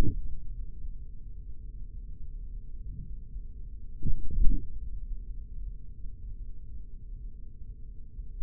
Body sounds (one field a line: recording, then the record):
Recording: forearm muscle sounds (acoustic myography)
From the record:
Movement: hand closing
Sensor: system 3, bracelet of six PUI Audio POM-2738L microphones around the upper forearm, with dedicated amplification and filtering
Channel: 3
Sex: male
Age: 56 years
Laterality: right